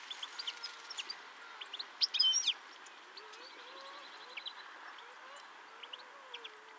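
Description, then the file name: European goldfinch twittering: quiet, high chirps with a brief cluster of louder tinkling notes early on, over a softer, lower wavering sound and a steady background hum. "Carduelis carduelis"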